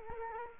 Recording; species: mosquito wingbeat signal from an infrared sensor; Culex quinquefasciatus